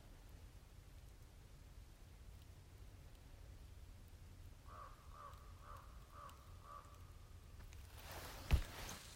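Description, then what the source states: Common raven gurgling call: a quick run of about five hollow, rolling notes ending in a short held tone, over steady low rumble, followed by a sharp knock. Wild northern raven; gurgly call whose timbre is said to set it apart from crows.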